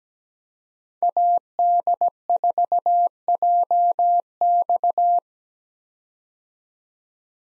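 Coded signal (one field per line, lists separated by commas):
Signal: Morse code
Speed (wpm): 17 wpm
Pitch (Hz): 700 Hz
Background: none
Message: AD4JX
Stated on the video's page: Morse practice drill of common park activation hunter call signs at 17 wpm, meant for head-copy, each sent twice.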